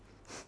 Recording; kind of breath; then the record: one breath in and out by a microphone near the nose and mouth; strong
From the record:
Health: marked as sick, illness not named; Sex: female